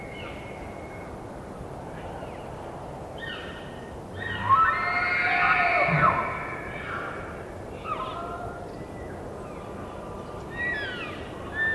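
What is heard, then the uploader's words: Distant elk call, with thin rising whistles and chirps scattered throughout. Around the middle a louder, drawn-out bugle swells and fades over about two seconds, followed by more short high mews against a steady low rumble of wind. It was rutting season in the Colockum Wildlife area. These are raw tracks, down-mixed to stereo (from double-m/s), normalized to -23 LUFS and down-sampled to 48k with no other filtering. Some occasional gusting still noticeable in the trees. Elk, mostly bulls bugling, screaming, roaring, whistling, and chirping. Elk Bull Distant Roars.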